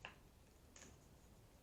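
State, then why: Not seated. The forend of a Yildiz side-by-side shotgun is being pushed up onto the barrel and squeezed toward the receiver assembly, where its latch holds everything together. Two brief handling taps are heard at about 0.1 s and 0.8 s over quiet background noise. Nothing has seated or clicked yet.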